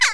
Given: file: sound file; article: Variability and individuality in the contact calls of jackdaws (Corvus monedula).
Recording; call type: jackdaw call; harmonic